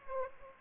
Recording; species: mosquito wingbeat signal from an infrared sensor; Anopheles arabiensis